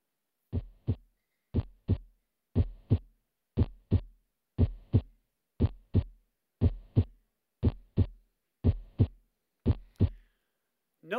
Our heart has this, what is called a normal sinus rhythm. What it sounds like to hear a heart beat normally. Notice the cadence and rhythm of that. It's like perfect.